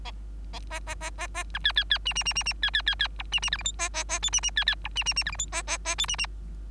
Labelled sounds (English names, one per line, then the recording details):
Bengalese Finch song
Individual Bird3